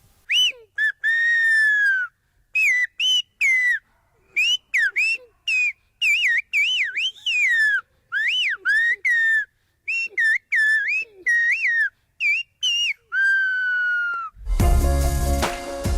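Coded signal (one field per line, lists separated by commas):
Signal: whistled language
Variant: Silbo Gomero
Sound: loud piercing whistles gliding up and down in short phrases, then a burst of noise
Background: wind or crowd noise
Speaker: to be honest i haven't understood anything but that makes me sort of curious because that's the way how people can communicate over here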